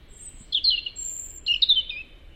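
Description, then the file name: European robin giving two short phrases of clear, high, downward-sliding whistled notes separated by a brief pause. "Tomas Belka - Zaryanka Erithacus rubecula"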